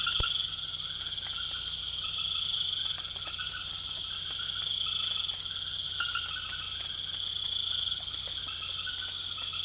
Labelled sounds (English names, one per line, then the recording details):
none
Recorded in secondary vegetation near Puerto Asís, Putumayo, Colombia, on 24 June 2025
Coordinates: 0.488, -76.319
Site G094